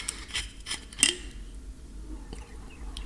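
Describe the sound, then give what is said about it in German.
Someone quietly takes a sip of water: a few soft clicks and one sharper glassy clink, followed by faint handling sounds, with no talking. “Oh, sorry, ich muss mal kurz einen Schluck Wasser trinken.”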